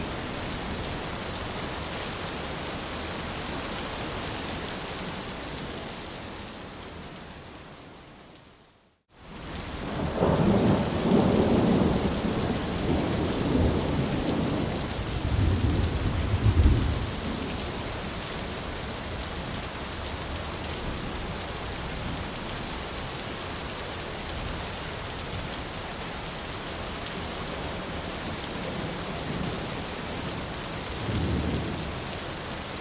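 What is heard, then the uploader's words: Steady, dense rain hisses evenly across the clip, briefly fading to silence around the ninth second before returning. Low, rolling thunder rumbles through from about ten to seventeen seconds, and another soft rumble swells near the end. Thunderstorm Meditation by the Riverside.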